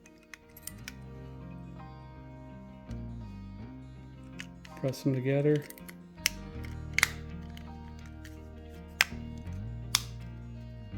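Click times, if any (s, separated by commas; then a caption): 6.3 s, 7.0 s, 9.0 s, 10.0 s. The top and bottom plastic halves of a replacement Ford key fob shell, with the battery half already in place, are pressed together by hand over background music while someone talks. Sharp clicks ring out at 6.3, 7.0, 7.0, 9.0 and 10.0 seconds as the connecting prongs snap into their slots. The shell halves are seated together.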